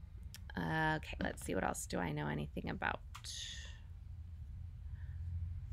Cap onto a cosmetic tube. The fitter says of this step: high end and it snaps closed and you hear that click and it's very well packaged